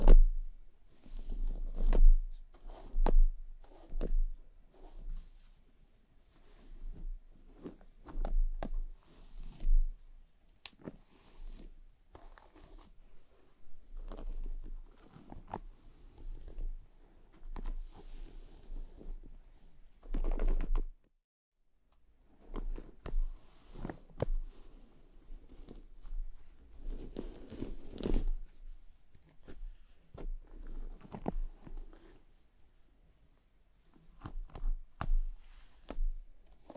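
Quiet scalp massage and hair brushing: soft rustling strokes and taps in bursts, with a brief near-silent pause around twenty-one seconds.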